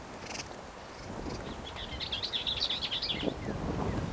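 Bell's vireo song: a fast, jumbled, scratchy warble of quick chattering notes run together, over steady background noise.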